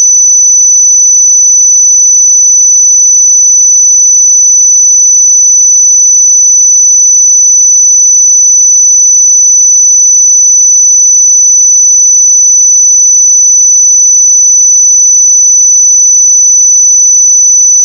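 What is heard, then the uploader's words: A pure sine tone at 5991 Hz holds perfectly steady for the whole clip, a thin, high, piercing whistle with no wavering in pitch or loudness. Nothing else sounds around it; the background is completely silent. 5991 Hz 1 Hz Interval Sine Pure Tone. 441000 Sample Mono.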